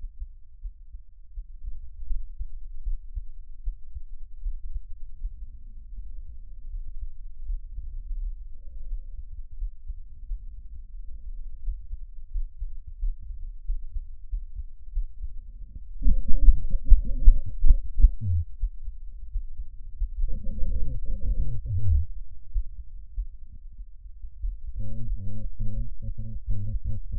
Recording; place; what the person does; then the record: lung sounds by stethoscope; trachea; quiet breathing, then cough and speech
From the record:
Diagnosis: none (healthy); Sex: male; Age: 45 years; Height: 173 cm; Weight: 92 kg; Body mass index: 30.7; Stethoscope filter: bell mode